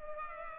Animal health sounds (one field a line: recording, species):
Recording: mosquito wingbeat signal from an infrared sensor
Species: Culex pipiens